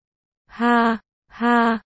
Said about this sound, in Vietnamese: này là tiếng thở dốc nha. Dường như cơ thể Arthur cũng đang gặp vấn đề nào đó. Một hành động đơn giản này đã khiến hắn sức cùng lực kiệt. Thở hổn hển liên tục.